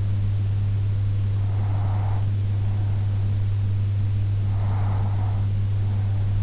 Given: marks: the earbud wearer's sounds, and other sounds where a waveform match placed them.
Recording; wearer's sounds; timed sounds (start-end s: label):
sounds in sleep by an in-ear microphone; breath
0.43-2.43 s: breath
4.43-6.43 s: breath